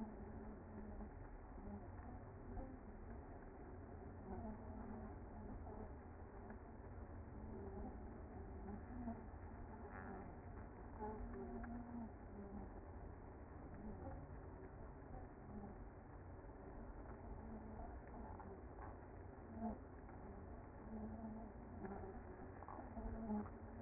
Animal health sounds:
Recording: honeybee colony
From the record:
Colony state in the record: active

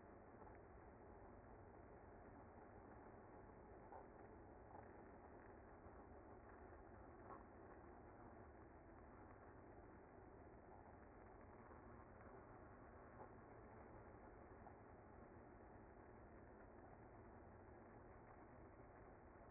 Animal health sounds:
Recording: honeybee colony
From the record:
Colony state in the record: active

